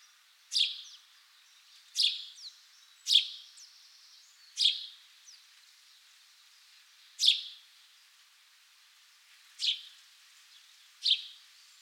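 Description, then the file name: House sparrow giving sharp single chirps at uneven intervals, some followed by a softer second note. "Passer domesticus"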